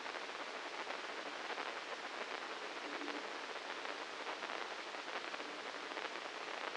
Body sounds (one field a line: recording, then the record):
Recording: brain microelectrode recording played as sound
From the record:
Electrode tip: inside the subthalamic nucleus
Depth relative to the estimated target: -2 mm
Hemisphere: left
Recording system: NeuroSet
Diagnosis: Parkinson's disease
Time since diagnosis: 9 years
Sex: male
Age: 56 years